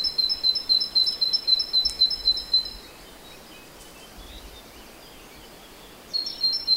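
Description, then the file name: Great tit with quick, ringing two-tone notes repeated several times a second, falling silent for three seconds before resuming at the end. "Parus major"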